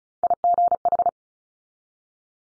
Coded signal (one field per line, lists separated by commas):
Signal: Morse code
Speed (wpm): 36 wpm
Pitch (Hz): 700 Hz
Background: none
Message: IGH